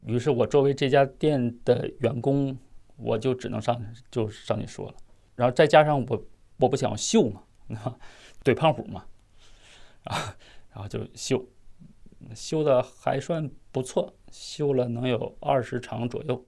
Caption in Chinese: 我口吃，我讲脱口秀。 今年三十五岁，辽宁人，目前在东北的一个三线城市讲脱口秀。 他说自己打记事以来就被口吃的问题困扰着，三十多年来想尽了办法。